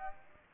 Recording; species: mosquito wingbeat signal from an infrared sensor; Aedes aegypti